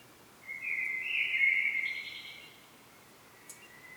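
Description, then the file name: Common blackbird song: one fluty, warbling phrase lasting about two seconds, ending in a higher twitter, then a soft trailing note; quiet background. "Turdus merula"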